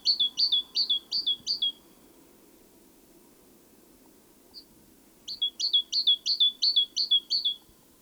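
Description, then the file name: Great tit song: two bursts of five or six quick two-note phrases, a high note dropping to a lower one, separated by a pause with one faint note; low background hum. "Parus major"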